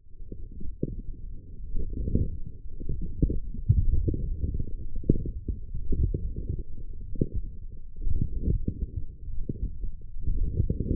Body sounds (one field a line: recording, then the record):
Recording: forearm muscle sounds (acoustic myography)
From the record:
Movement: forearm pronation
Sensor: system 1, eight BSWA MPA416 microphones around the upper forearm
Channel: 3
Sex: male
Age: 20 years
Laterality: left